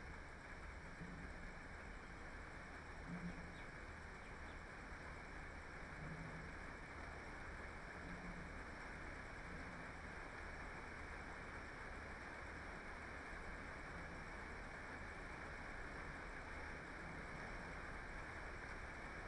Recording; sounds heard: poultry house recording; healthy chickens